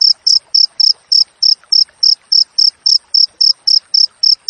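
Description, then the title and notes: Cricket chirping in crisp high bursts spaced evenly, a little under four each second. Wild crickets with clear, closely spaced chirps, intended for training songbirds to mimic and for repelling rats. "Masteran Jangkrik Alam Jernih, Jeda Rapat Cocok Untuk Masteran Burung Dan Mengusir Tikus. suara jangkrik"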